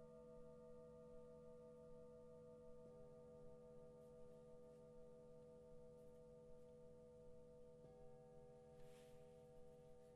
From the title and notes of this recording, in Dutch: Het is vooral een ontspannende meditatie met klankschalen en gong.